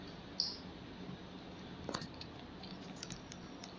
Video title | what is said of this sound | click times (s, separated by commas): Lifelong LLM180 Electric Handheld Full Body Pain Relief Massager - Long Handle - Unboxing & Review | Once you rotate it, you get a click, and that means it has set. | 0.4 s